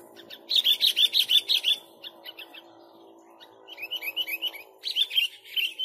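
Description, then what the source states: Sooty-headed bulbul song in three bursts of rapid, evenly spaced sharp chirps, each run lasting a second or so, over a faint low hum. Song for training songbirds to copy (masteran).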